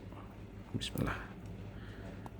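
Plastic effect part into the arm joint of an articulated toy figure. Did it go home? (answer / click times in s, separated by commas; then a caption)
yes / 2.3 s. A plastic slash-effect part is pushed onto the arm joint of a plastic building-block figure while someone talks briefly. A short, sharp click at 2.3 s shows the part seating into the joint.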